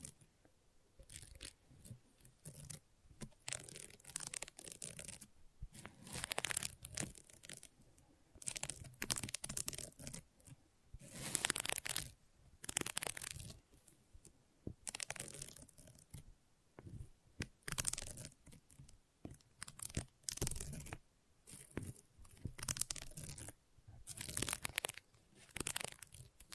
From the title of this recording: ASMR Gentle Scratching